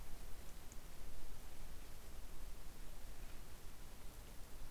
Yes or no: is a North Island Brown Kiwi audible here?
no